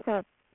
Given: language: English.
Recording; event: throat vibration sensor signal played as sound; speech